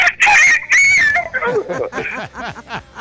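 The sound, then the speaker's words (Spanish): A loud, strained rooster crow rings out for about a second, high and pitched, then breaks off into rapid choppy voices with a laughing, cackling rhythm. “¡Hacemos rock and roll! Bueno, con gallos incluidos.”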